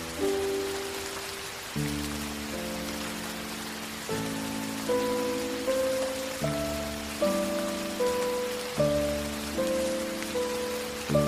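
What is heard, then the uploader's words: Steady, dense rain hisses across the whole clip while slow, soft piano chords sound beneath it, a new chord struck roughly every one and a half to two seconds. The piano sits low to mid in pitch, with gentle single notes ringing above the sustained chords. Rain And Classical Piano Music. Falling rain mixed with the beautiful piano tones. Backyard Rain. Rain Through The Trees.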